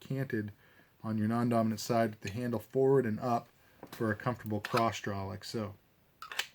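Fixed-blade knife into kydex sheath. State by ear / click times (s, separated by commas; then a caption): not seated / none. Someone talks while handling a fixed-blade knife and a molded Kydex sheath, with a few brief sharp handling sounds near 6.2–6.4 s at the end. The knife is not yet pushed home, and nothing has seated or clicked yet.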